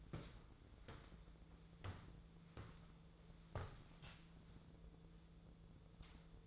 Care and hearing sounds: daily activity, microphone in the room; walk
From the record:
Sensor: 3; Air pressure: 1005.4 hPa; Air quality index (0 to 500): 95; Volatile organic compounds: 3 ppm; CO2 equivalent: 1480 ppm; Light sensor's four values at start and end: 10/24/10/9 and 10/23/10/9

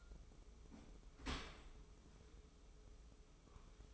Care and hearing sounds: daily activity, microphone in the room; open dishwasher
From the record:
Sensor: 1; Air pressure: 995.9 hPa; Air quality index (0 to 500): 64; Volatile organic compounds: 2 ppm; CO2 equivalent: 1303 ppm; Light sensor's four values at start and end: 32/111/43/45 and 32/111/43/45

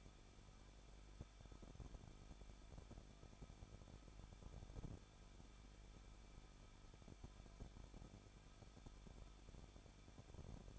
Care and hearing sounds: daily activity, microphone in the room; no activity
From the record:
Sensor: 5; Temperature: 20.8 degrees Celsius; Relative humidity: 38.5%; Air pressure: 1006.5 hPa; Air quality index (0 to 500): 191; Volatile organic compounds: 20 ppm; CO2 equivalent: 2701 ppm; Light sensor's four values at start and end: 2/3/1/1 and 2/3/1/1

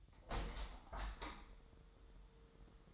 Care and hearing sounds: daily activity, microphone in the room; open window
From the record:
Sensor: 3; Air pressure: 999.9 hPa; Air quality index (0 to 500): 229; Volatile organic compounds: 104 ppm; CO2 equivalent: 3783 ppm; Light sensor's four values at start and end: 9/22/9/9 and 10/23/9/9

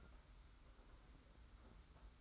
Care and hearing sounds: daily activity, microphone in the room; take from stove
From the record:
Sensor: 3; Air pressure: 991.0 hPa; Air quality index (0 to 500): 103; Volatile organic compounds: 37 ppm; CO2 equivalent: 3094 ppm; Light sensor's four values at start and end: 44/124/50/44 and 44/124/50/44

